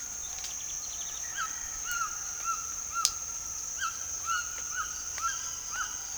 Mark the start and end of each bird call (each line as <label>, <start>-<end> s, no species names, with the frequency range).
bird call (0.8-4.3 kHz), 0.54-3.11 s
bird call (0.7-4.0 kHz), 3.71-6.17 s